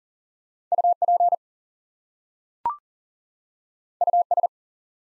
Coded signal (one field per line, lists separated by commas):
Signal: Morse code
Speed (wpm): 42 wpm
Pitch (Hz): 700 Hz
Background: none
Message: UP US